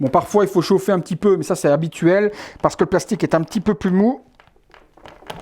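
Someone talks while trying to push a hard plastic shoe onto the foot peg of a 1/6 scale action figure body, followed by a few faint, sharp plastic taps and rustles near the end. The shoe does not fit onto the foot, and the plastic will need heating to soften it, so nothing has seated or clicked yet.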